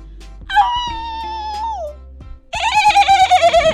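A long, steady howl-like tone fades out, then a horse neighs loudly: a high, quavering whinny that pulses rapidly and slides gradually downward in pitch.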